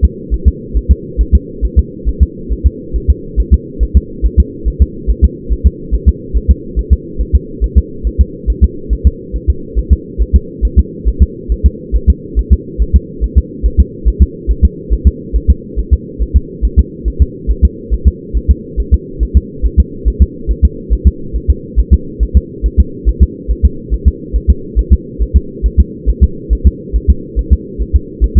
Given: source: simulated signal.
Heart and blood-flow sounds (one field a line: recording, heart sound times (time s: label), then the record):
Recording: fetal heart sounds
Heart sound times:
0.05 s: S2
0.34 s: S1
0.48 s: S2
0.77 s: S1
0.91 s: S2
1.21 s: S1
1.35 s: S2
1.65 s: S1
1.79 s: S2
2.09 s: S1
2.23 s: S2
2.52 s: S1
2.67 s: S2
2.96 s: S1
3.10 s: S2
3.40 s: S1
3.54 s: S2
3.83 s: S1
3.97 s: S2
4.26 s: S1
4.40 s: S2
4.68 s: S1
4.82 s: S2
5.10 s: S1
5.24 s: S2
5.52 s: S1
5.67 s: S2
5.95 s: S1
6.09 s: S2
6.37 s: S1
6.51 s: S2
6.79 s: S1
6.93 s: S2
7.21 s: S1
7.35 s: S2
7.64 s: S1
7.78 s: S2
8.07 s: S1
8.21 s: S2
8.50 s: S1
8.64 s: S2
8.93 s: S1
9.07 s: S2
9.36 s: S1
9.50 s: S2
9.78 s: S1
9.93 s: S2
10.22 s: S1
10.36 s: S2
10.65 s: S1
10.79 s: S2
11.08 s: S1
11.23 s: S2
11.52 s: S1
11.66 s: S2
11.96 s: S1
12.10 s: S2
12.39 s: S1
12.53 s: S2
12.82 s: S1
12.96 s: S2
13.24 s: S1
13.38 s: S2
13.66 s: S1
13.80 s: S2
14.08 s: S1
14.22 s: S2
14.51 s: S1
14.65 s: S2
14.93 s: S1
15.07 s: S2
15.36 s: S1
15.50 s: S2
15.79 s: S1
15.93 s: S2
16.22 s: S1
16.36 s: S2
16.65 s: S1
16.79 s: S2
17.08 s: S1
17.22 s: S2
17.51 s: S1
17.65 s: S2
17.94 s: S1
18.08 s: S2
18.37 s: S1
18.51 s: S2
18.80 s: S1
18.94 s: S2
19.23 s: S1
19.37 s: S2
19.66 s: S1
19.80 s: S2
20.08 s: S1
20.22 s: S2
20.51 s: S1
20.65 s: S2
20.93 s: S1
21.07 s: S2
21.36 s: S1
21.50 s: S2
21.79 s: S1
21.94 s: S2
22.23 s: S1
22.37 s: S2
22.66 s: S1
22.80 s: S2
23.09 s: S1
23.23 s: S2
23.51 s: S1
23.65 s: S2
23.94 s: S1
24.08 s: S2
24.36 s: S1
24.50 s: S2
24.79 s: S1
24.93 s: S2
25.22 s: S1
25.36 s: S2
25.66 s: S1
25.80 s: S2
26.09 s: S1
26.23 s: S2
26.53 s: S1
26.67 s: S2
26.96 s: S1
27.10 s: S2
27.39 s: S1
27.53 s: S2
27.82 s: S1
27.96 s: S2
28.24 s: S1
28.38 s: S2
From the record:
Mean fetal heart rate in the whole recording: 140 bpm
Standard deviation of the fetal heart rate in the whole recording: 2 bpm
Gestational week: 34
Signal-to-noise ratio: -4.3 dB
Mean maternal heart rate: 72 bpm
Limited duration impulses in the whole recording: absent